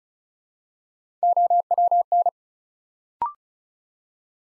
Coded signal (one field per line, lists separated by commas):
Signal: Morse code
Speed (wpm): 36 wpm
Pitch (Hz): 700 Hz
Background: none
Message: OWN